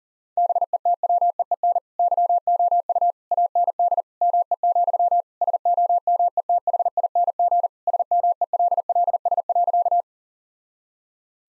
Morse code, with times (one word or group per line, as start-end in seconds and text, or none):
0.4-1.8 BETWEEN
2.0-3.1 YOU
3.3-4.0 AND
4.2-5.2 ME,
5.4-7.7 SOMETHING
7.9-10.0 SMELLS.